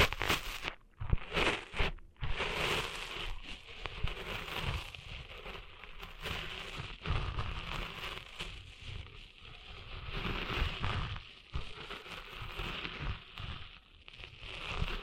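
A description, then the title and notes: Dense scratching and rustling right at the ear, a steady crackly grit with brief pauses near the start and occasional softer dips. Cleaning Sand Out of Your Ears (No Talking). ASMR Cleaning Sand Out of Your Ears.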